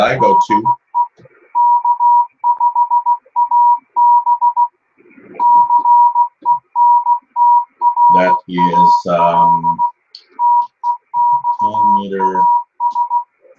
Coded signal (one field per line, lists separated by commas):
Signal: Morse code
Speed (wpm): 16 wpm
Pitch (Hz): 960 Hz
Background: speech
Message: DE K5AB CENTRAL TEXAS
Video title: October 8th 1700 UTC Shortwave radio hangout